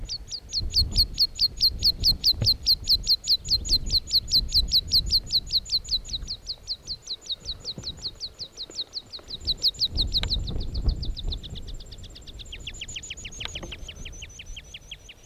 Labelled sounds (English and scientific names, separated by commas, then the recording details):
Meadow Pipit (Anthus pratensis)
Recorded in the wild
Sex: male
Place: Bruchberg, Niedersachsen, DE
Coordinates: 51.79, 10.5
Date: 1986-06-14
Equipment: Sony WM-D6C, Parabolscheibe
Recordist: Skiba, Reinald
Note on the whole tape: Wolfswarte, Nationalpark Harz